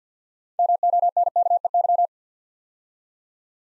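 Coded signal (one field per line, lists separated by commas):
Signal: Morse code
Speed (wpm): 52 wpm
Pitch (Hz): 700 Hz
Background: none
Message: MONKEY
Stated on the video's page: Six-letter words in Morse at 50wpm for head-copy practice; first three letters spoken, word sent, spoken, then sent again.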